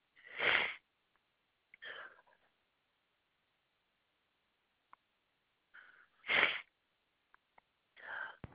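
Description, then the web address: Koala snorting: two loud, sneeze-like bursts and a few softer breathy puffs, with long quiet spells and a few faint clicks between. Recorded on 3 7 2021. "Koala CS HMCrecordings 3 7 2021"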